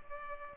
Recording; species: mosquito wingbeat signal from an infrared sensor; Culex pipiens